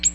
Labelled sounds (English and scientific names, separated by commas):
Ovenbird (Seiurus aurocapilla) flight call